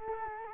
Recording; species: mosquito wingbeat signal from an infrared sensor; Culex quinquefasciatus